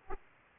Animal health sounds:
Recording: mosquito wingbeat signal from an infrared sensor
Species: Aedes aegypti

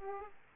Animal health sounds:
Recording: mosquito wingbeat signal from an infrared sensor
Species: Aedes aegypti

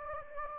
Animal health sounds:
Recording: mosquito wingbeat signal from an infrared sensor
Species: Anopheles gambiae

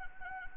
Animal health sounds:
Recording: mosquito wingbeat signal from an infrared sensor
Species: Anopheles arabiensis

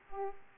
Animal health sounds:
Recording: mosquito wingbeat signal from an infrared sensor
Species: Aedes aegypti

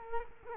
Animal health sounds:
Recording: mosquito wingbeat signal from an infrared sensor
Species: Culex quinquefasciatus

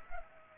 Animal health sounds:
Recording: mosquito wingbeat signal from an infrared sensor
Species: Culex pipiens

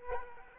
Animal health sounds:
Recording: mosquito wingbeat signal from an infrared sensor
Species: Culex quinquefasciatus

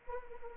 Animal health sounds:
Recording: mosquito wingbeat signal from an infrared sensor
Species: Anopheles arabiensis

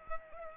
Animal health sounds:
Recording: mosquito wingbeat signal from an infrared sensor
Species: Culex pipiens

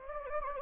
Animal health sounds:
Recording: mosquito wingbeat signal from an infrared sensor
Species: Anopheles gambiae

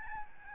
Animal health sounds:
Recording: mosquito wingbeat signal from an infrared sensor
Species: Aedes albopictus

